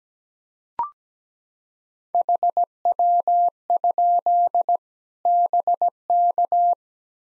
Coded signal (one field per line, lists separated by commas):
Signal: Morse code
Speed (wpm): 17 wpm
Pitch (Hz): 700 Hz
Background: none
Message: HW? BK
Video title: Practice QSO - Exchange 1- Beginning - 17wpm